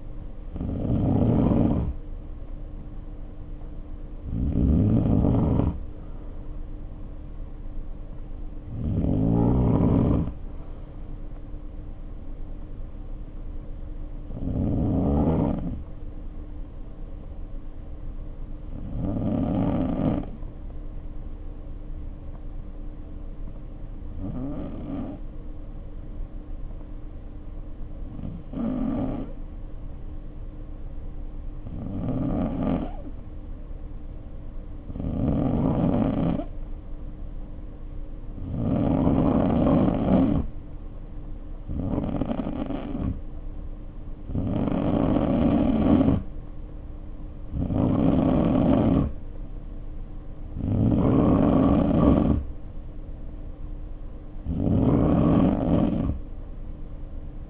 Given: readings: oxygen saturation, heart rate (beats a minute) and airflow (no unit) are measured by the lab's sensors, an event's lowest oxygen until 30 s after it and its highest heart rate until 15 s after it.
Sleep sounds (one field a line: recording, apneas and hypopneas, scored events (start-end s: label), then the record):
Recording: breathing in sleep by a smartphone at the bedside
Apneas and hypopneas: 1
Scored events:
17.00-37.50 s: hypopnea (N2, oxygen 95% highest, then 87% lowest, heart rate 53 at the start, 61 highest)
From the record:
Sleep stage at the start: N2 (light sleep)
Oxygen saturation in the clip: 86 to 95%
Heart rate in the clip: 51 to 61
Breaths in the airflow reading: 16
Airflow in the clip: -2.3 to 2.2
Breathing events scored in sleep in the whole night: 520 in 7.2 hours asleep